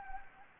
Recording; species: mosquito wingbeat signal from an infrared sensor; Anopheles gambiae